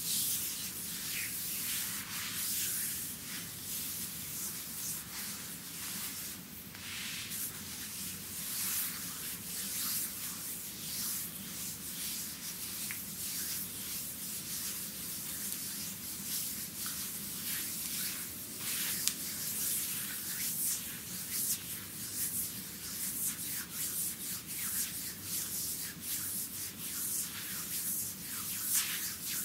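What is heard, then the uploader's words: Bamboo massage: a continuous rubbing and scraping of bamboo over skin, dense and steady for the whole stretch. Frequent bright, short swishes come in quick irregular bursts over a low, even rustling bed, with the sound level holding fairly constant. ASMR Chinese Bamboo Massage.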